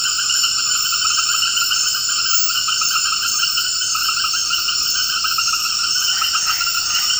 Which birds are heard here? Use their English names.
none